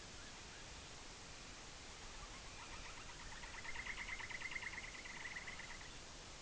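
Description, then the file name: Sprague's pipit song: a thin, fast series of high tinkling notes, pulsing steadily for about three seconds and swelling in the middle, over a constant hiss of background noise. "sppi"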